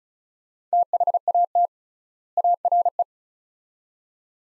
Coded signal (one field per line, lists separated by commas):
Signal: Morse code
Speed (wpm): 36 wpm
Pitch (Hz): 700 Hz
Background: none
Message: THAT ARE